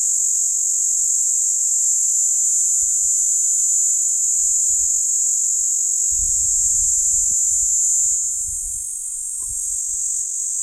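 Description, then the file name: Cicada: a sustained piercing buzz that dips slightly in loudness near the end, with wind gusts rumbling in the second half. Platypleura plumosa, recorded at Steytlerville. "P plumosa Steydtlerville"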